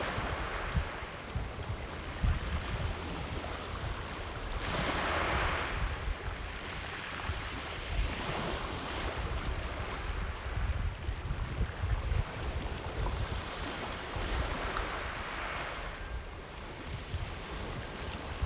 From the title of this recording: Corsican sea